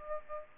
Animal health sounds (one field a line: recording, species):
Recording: mosquito wingbeat signal from an infrared sensor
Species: Aedes aegypti